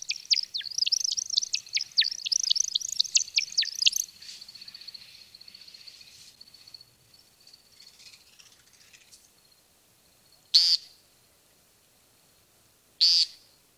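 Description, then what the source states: American woodcock display sounds: rapid liquid chirping twitters for four seconds that fade out, then after quiet two loud buzzy nasal calls a few seconds apart. Flight display.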